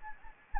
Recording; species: mosquito wingbeat signal from an infrared sensor; Anopheles gambiae